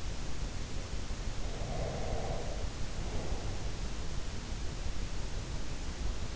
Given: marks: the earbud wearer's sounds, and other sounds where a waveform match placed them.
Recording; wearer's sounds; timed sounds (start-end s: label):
sounds in sleep by an in-ear microphone; breath
1.46-3.65 s: breath